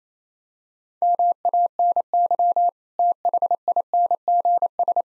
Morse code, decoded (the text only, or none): MANY THINGS